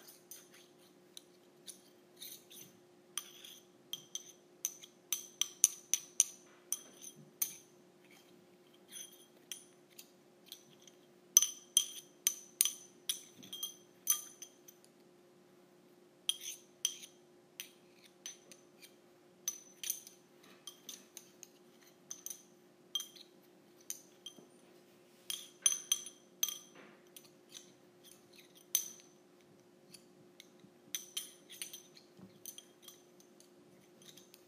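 Metal straws clink and tap against each other and against glass in quick, bright little bursts, with denser clusters around 5–7, 11–14, 25–27 and 31–33 seconds. Short pauses separate the clusters. A steady low hum runs underneath throughout.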